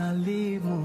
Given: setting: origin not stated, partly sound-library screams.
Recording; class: one-second piece from a danger detection set; normal situation